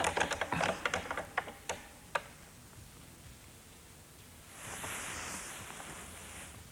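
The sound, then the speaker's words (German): Quick bursts of keyboard typing and sharp mouse clicks rattle for about two seconds, then fade into a soft, steady hiss of background noise that swells slightly near the end. “Klicken Sie das System an”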